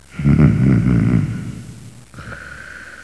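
Snoring from an adult: a single loud, low-pitched rattling snore fading into quieter breathing.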